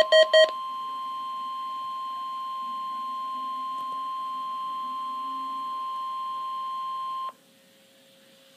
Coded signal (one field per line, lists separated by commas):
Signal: Emergency Alert System (SAME) tones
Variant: 1050 Hz attention tone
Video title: Real NOAA Weather Radio #43